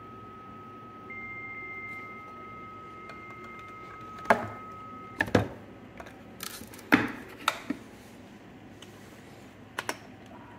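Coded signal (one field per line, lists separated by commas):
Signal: dial-up modem handshake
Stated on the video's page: Handshake from a circa-1964 Livermore Data Systems Model A modem running at 300 bps, dialing up from a 1987 laptop.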